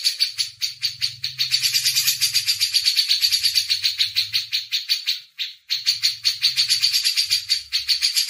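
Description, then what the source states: Grey-cheeked bulbul: a continuous stream of rough, buzzing notes, briefly interrupted once midway, over a faint low hum. Masteran tutoring recording.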